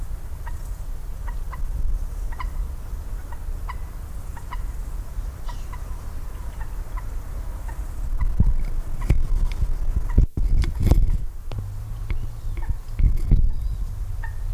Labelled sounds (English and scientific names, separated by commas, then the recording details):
Common Moorhen (Gallinula chloropus) call
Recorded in the wild
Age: adult
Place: Mühlenbeck, Brandenburg, DE
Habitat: wetland
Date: 1997-08-03 12:50
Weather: 24°C, heiter
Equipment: Sony MD-WM MZ-R3, Sennheiser ME 80, K 30 AV, Kopie Uher 4000 Report Monitor
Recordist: Tembrock, Günter